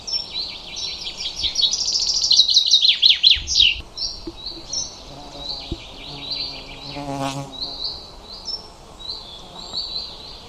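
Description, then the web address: Bird twittering: quick, high chirps pour out for about four seconds, then sparse high notes follow, with a brief sharp noise partway through. "Bird Only"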